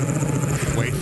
When she snores, it comes in threes. It sounds like a dog growling, and then a wet fart.